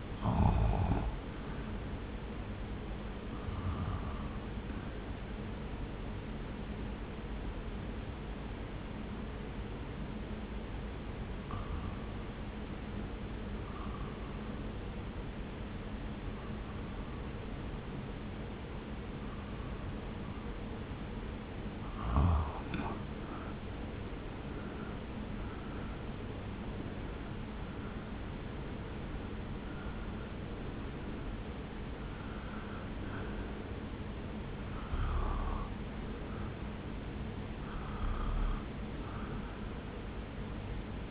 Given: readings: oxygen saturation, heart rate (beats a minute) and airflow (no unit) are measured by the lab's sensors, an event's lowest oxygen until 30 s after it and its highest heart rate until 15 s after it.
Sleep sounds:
breathing in sleep by a voice recorder at the bedside; 1
5.00-23.00 s: hypopnea (REM, oxygen 93% highest, then 83% lowest)
From the record:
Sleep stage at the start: REM sleep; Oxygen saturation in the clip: 78 to 93%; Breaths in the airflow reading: 14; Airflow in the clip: -1.2 to 1.2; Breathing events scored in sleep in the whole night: 335 in 6.7 hours asleep

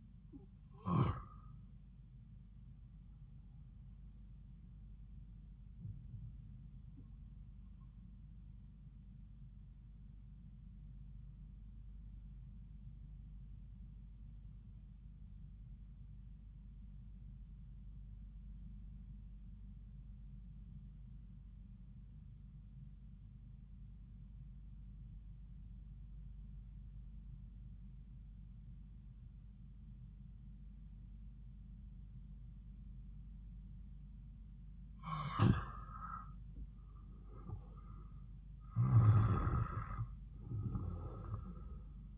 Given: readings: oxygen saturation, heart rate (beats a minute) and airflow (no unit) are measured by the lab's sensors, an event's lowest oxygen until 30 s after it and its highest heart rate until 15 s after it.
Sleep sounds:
breathing in sleep by a smartphone at the bedside; 1
14.00-36.30 s: obstructive apnea (REM, oxygen 97% highest, then 88% lowest)
From the record:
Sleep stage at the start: REM sleep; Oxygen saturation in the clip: 82 to 97%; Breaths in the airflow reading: 3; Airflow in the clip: -5.7 to 7.2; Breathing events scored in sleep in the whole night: 270 in 6.1 hours asleep

